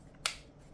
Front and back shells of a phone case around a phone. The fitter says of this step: you got to do is marry this together and snap it on